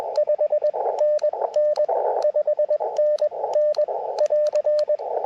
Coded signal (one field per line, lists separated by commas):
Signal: Morse code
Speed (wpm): 20 wpm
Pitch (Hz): 600 Hz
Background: radio noise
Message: 5NN 5NN <AR>